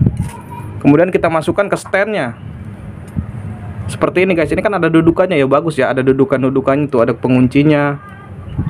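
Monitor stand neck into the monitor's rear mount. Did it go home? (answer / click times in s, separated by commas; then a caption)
no / none. Someone talks while the plastic stand neck of a Dahua B200S series 22-inch LED FHD 100 Hz monitor (DHI LM22 B200S V2) is handled at the mounting slot on the monitor's back, which has a locking tab. A brief sharp knock sounds at 0.1 s, then speech continues. Nothing has seated or clicked into the mount yet.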